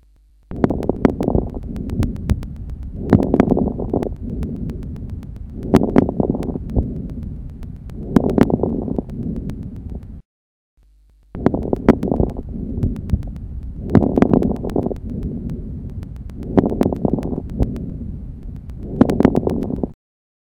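Fine crackles heard over adult lungs by stethoscope: short, explosive sounds, finer and higher in pitch than coarse crackles, repeating with each breath in bursts about every two and a half seconds.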